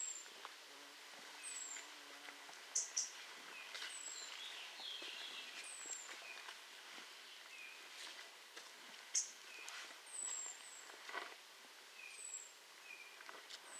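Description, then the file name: European robin calls: thin, high, slightly descending whistled notes repeated every second or two, with a few sharp clicking ticks and a soft background hiss. "Erithacus rubecula"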